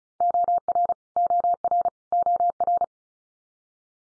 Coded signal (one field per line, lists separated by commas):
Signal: Morse code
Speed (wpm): 34 wpm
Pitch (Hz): 700 Hz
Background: none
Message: OR OR OR